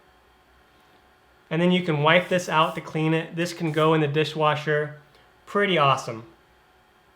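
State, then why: Not seated. The inner basket of a NewAir Magic Chef Compact Digital Air Fryer is handled after cleaning, on its way back into its pan/drawer, while someone talks from about 1.5 to 6.3 seconds over a quiet background. Nothing has seated or clicked into the drawer yet.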